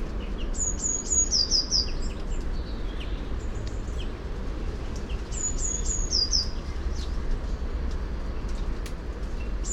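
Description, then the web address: Eurasian blue tit singing two high phrases about five seconds apart, thin repeated notes running into a fast falling trill, with constant low rumble beneath. "SETE data Cyanistes caeruleus"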